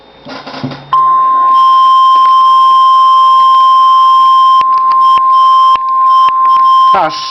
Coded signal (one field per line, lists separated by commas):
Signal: Emergency Alert System (SAME) tones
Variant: 1050 Hz attention tone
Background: speech